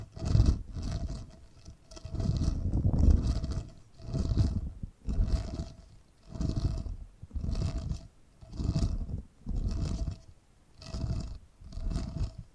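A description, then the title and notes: A cat purrs in a slow, regular rhythm, each rumbling breath lasting about a second with short pauses between, roughly eleven cycles across the clip. The purr is deep and grainy, with a faint hissy edge on each breath and no other sounds. Purring Triggers.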